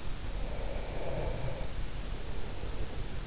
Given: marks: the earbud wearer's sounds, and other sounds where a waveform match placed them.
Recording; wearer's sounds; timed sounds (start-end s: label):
sounds in sleep by an in-ear microphone; breath
0.24-3.06 s: breath